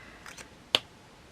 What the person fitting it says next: that one clicks nicely